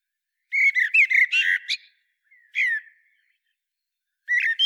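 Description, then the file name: Common blackbird: a run of fluty, rolling notes capped by a shrill squeak, then a shorter warbled note and the start of another phrase. "Turdus merula"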